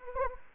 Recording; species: mosquito wingbeat signal from an infrared sensor; Anopheles gambiae